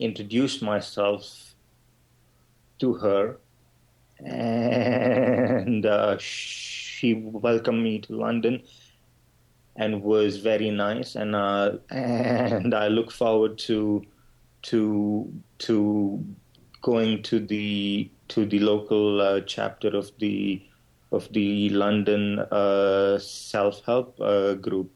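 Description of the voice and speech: A low-pitched adult male voice, a person who stutters, speaks with long silent blocks of one to two seconds, stretched sounds, and a word repeated three times ("to, to, to") before "going." This disrupted flow is typical of stuttering.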